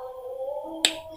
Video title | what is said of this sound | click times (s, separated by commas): untuk pemula CARA SAMBUNG FAST CONECTOR PADA KABEL FIBER OPTIK versi@AntonInformasi | ini sudah bunyi klik ini usahakan bisa gerak ya Pak usahakan bisa gerak supaya | 0.8 s